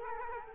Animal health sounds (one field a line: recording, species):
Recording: mosquito wingbeat signal from an infrared sensor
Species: Culex quinquefasciatus